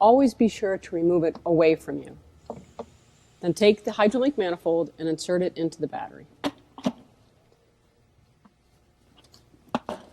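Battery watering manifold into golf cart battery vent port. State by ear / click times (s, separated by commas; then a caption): seated / 9.8 s, 9.9 s. A plastic Trojan HydroLink watering-system manifold is pushed into the vent opening of a golf cart battery after the existing vent is removed, while someone talks. A few soft taps sound during the talk, then two sharp clicks at 9.8 s and 9.9 s. The double click shows the manifold is seated properly.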